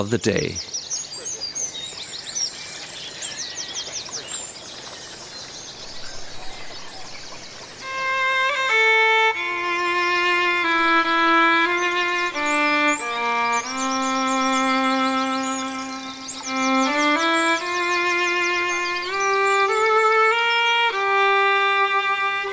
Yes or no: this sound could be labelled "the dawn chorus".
yes